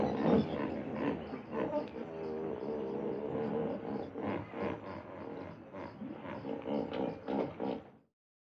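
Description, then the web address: Hippopotamus call: continuous rhythmic wheezing honks, several pulses per second, rising and falling in loudness before stopping abruptly. A large hippopotamus in the wild making strange sounds. "a large hippopotamus makes strange sounds in the wild"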